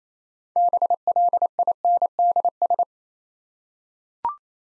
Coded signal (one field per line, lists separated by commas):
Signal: Morse code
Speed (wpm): 27 wpm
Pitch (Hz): 700 Hz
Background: none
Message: BLINDS